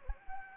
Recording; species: mosquito wingbeat signal from an infrared sensor; Anopheles gambiae